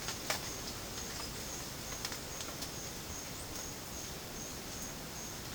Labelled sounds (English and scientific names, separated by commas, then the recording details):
none
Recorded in pastures near Puerto Asís, Putumayo, Colombia, on 30 June 2025 at 12:30
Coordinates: 0.496, -76.326
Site GP01